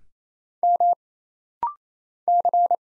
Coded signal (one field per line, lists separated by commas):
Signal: Morse code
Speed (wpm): 27 wpm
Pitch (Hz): 700 Hz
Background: none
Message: M C